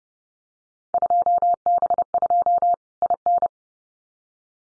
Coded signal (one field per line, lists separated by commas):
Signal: Morse code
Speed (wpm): 30 wpm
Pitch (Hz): 700 Hz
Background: none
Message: 2B2 IN